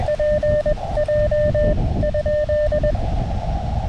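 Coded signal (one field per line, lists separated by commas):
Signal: Morse code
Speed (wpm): 21 wpm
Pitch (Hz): 590 Hz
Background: none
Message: PJ ?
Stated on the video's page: CW parks on the air activation on 20m with a KX2, first on an AX2 antenna with slow going, then on a different antenna.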